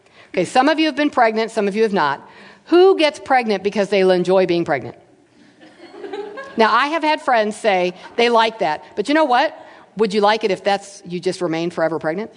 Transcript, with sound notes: Okay, some of you have been pregnant, some of you have not. Who gets pregnant because they will enjoy being pregnant? (laughter) Now, I have had friends say they liked that, but would you like it if you just remained forever pregnant?